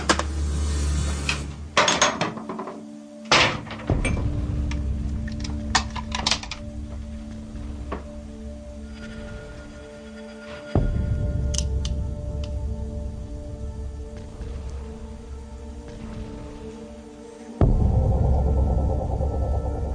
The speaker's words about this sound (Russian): Илья, кто-то ломится в двери. Что? Ломают дверь, Илья.